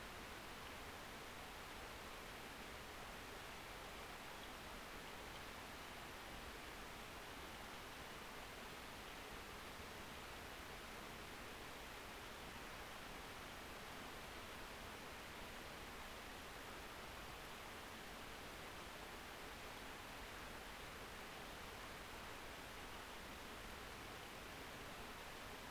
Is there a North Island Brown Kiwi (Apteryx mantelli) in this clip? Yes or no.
no